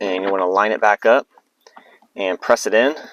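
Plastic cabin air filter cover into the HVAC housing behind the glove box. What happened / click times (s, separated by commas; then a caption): Handled, not yet home: the plastic cover is positioned but no seating click yet / none. On a 2022–2024 Honda Civic, the plastic cabin air filter cover is lined up by hand against the HVAC housing behind the passenger-side glove box, ready to be pressed in so the tabs on both sides click in. Someone talks throughout, with a few faint small ticks in a pause around 1.7 to 2.0 seconds. Nothing has seated or clicked yet.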